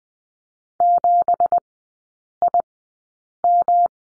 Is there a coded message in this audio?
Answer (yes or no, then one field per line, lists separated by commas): yes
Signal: Morse code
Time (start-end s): 0.8-3.9 s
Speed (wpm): 20 wpm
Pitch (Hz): 700 Hz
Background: none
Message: 7IM